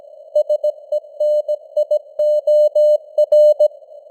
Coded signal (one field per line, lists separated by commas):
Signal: Morse code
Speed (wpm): 17 wpm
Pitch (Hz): 600 Hz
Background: none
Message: SENIOR